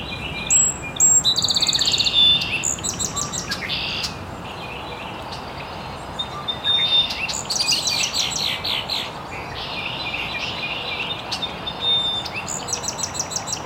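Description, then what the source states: Bird chorus of rapid high chirps and trills from several birds, bursts coming and going over a constant background hiss. Birds chirping very early in the morning in an estuary.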